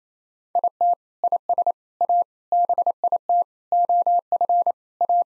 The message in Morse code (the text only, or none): IT IS A BIT OF A